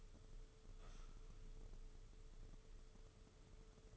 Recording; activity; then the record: daily activity, microphone in the room; sit down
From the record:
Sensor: 4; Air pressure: 995.3 hPa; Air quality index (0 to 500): 218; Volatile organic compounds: 275 ppm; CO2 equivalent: 4425 ppm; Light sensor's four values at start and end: 17/45/17/21 and 19/49/19/23